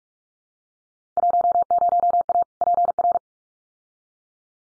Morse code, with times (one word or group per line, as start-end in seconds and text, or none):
1.2-2.4 10A
2.6-3.2 PR